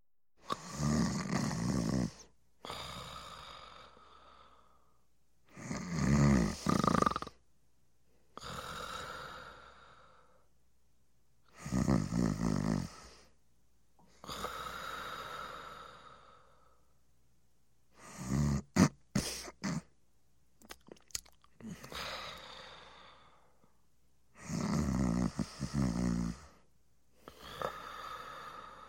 Human snore male nasal and throaty snore.